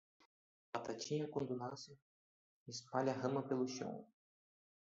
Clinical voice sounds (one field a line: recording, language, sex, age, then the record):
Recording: short text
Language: Brazilian Portuguese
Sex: male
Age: 30 to 39 years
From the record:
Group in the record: control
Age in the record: 39 years